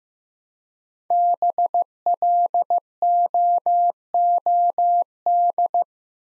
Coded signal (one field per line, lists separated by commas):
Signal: Morse code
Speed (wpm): 15 wpm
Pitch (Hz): 700 Hz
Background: none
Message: BLOOD